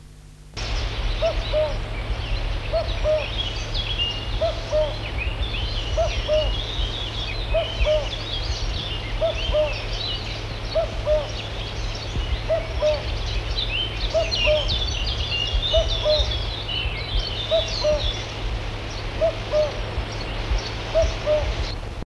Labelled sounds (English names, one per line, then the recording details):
Common Cuckoo call
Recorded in the wild
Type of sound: call
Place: Illmitz, Neusiedler See, Burgenland, AT
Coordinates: 47.7622, 16.8036
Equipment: Halbspur, 9,5 cm/s
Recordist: Lütgens, Hans
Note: Rufe